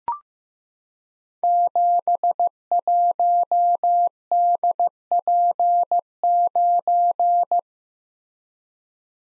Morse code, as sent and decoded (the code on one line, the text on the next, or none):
--... .---- -.. .--. ----.
71DP9